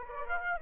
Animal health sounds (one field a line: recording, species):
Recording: mosquito wingbeat signal from an infrared sensor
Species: Aedes aegypti